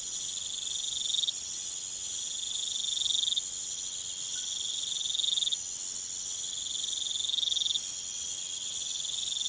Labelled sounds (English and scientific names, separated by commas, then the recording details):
none
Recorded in pastures near Puerto Asís, Putumayo, Colombia, on 22 June 2025 at 22:00
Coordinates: 0.486, -76.323
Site H29